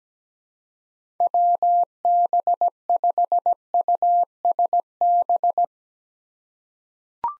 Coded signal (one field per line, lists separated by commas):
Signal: Morse code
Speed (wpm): 17 wpm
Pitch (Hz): 700 Hz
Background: none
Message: WB5USB